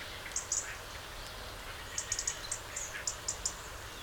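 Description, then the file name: European robin calls: sharp, high ticks, some doubled, repeated several times a second in short runs against a soft background hiss. "Erithacus rubecula"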